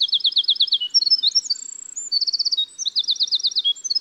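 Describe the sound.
Winter wren song, a rapid bubbling series of high trills and buzzy warbled notes that pour out without a break.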